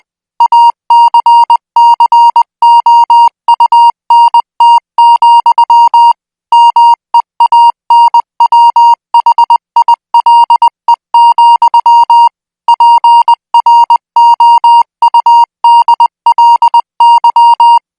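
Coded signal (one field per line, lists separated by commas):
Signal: Morse code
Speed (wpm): 20 wpm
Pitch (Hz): 940 Hz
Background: music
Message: ACCOUNT, MEANWHILE, PROUDLY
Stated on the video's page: Morse code signal sent at 20 words per minute, made for military signal school training.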